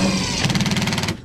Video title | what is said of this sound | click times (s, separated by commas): Check Up on a TRANE System | that one's stripped out | 0.6 s, 0.7 s, 0.8 s, 0.9 s